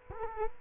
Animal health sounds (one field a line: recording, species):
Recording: mosquito wingbeat signal from an infrared sensor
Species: Culex quinquefasciatus